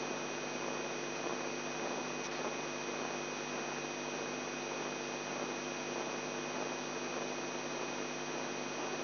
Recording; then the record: brain microelectrode recording played as sound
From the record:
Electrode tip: inside the subthalamic nucleus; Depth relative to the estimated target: 2 mm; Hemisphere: left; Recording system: AlphaMap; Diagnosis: Parkinson's disease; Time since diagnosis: 11 years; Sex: male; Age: 42 years